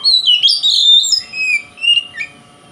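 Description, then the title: Oriental magpie-robin singing a loud, varied run of whistled phrases, sweeping up and down, with shorter notes and pauses toward the end. Song style called kacer konslet in the Indonesian title. "Kacer Konslet Bikin Kacer Lain"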